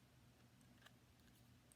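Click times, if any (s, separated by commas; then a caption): none. A new rechargeable battery is pressed into the battery compartment of a handheld insulin-pump controller (PDM). Only a steady low background hum and two faint, brief ticks near 0.9 and 1.7 seconds are heard. The battery has not seated or clicked into place yet.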